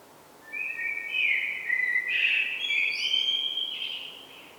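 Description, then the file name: Common blackbird song, one long flowing phrase of fluted notes mixed with thin, high twittering. "Turdus merula"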